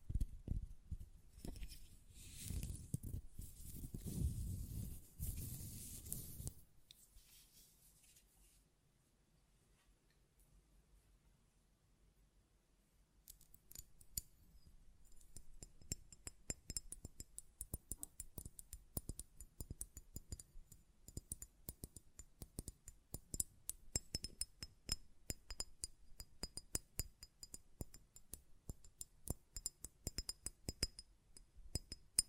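Glass perfume bottle handled for about six seconds with dense rubbing and knocking, then near silence until around thirteen seconds. After that come quick, irregular clicks and bright taps that keep going to the end, a thin high ring hanging over them.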